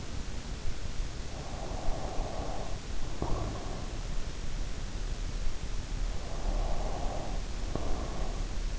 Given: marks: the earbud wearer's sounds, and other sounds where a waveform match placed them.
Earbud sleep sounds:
sounds in sleep by an in-ear microphone; breath
1.33-4.11 s: breath
6.08-8.79 s: breath

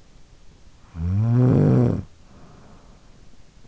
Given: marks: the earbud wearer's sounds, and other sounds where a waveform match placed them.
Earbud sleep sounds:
sounds in sleep by an in-ear microphone; snoring breath
0.64-3.53 s: snoring breath

